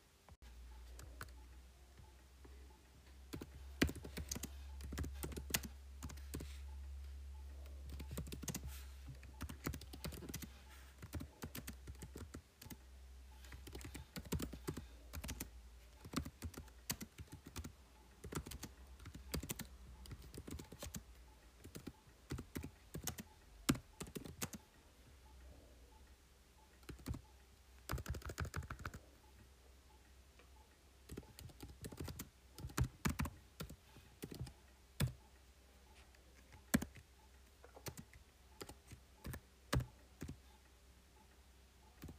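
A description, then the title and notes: Keyboard typing in irregular bursts of sharp clicks throughout, over a steady low hum that is louder in the first few seconds. Keyboard tapping, typing and Phone tapping.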